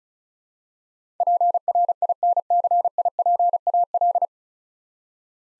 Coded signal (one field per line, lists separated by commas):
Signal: Morse code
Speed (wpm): 36 wpm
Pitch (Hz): 700 Hz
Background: none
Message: PRINCIPAL